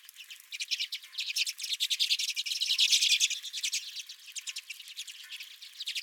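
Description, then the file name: Redpolls twittering, a swelling flurry of rapid dry notes from several birds that peaks midway and then eases. Redpolls at the recordist's own feeder. "Redpolls at My Feeder"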